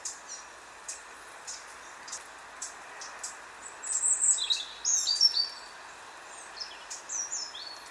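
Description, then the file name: European robin giving a series of sharp ticking calls, then a burst of thin high squeaky notes midway, over steady background hiss. "Erithacus rubecula"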